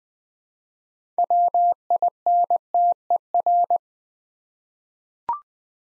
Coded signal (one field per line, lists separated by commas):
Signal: Morse code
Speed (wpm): 20 wpm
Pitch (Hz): 700 Hz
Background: none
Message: WINTER